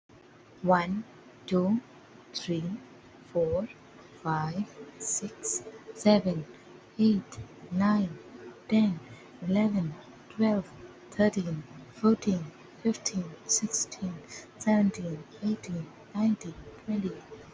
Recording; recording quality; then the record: counting at a normal pace; excellent, no background noise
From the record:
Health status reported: exposed to COVID-19, no respiratory illness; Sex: female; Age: 24 years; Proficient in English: yes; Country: India